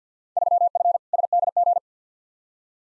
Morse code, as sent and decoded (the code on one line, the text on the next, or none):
...-- ..-. / ... -.. --.
3F SDG